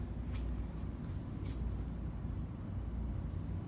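A plastic inner cannula is inserted at an angle into a tracheostomy tube, before it is pushed down to lock. Steady low rumbling noise runs throughout, with faint brief hissy rustles around 0.4 s and 1.5 s. Nothing has clicked or locked yet.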